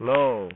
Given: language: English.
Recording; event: throat vibration sensor signal played as sound; speech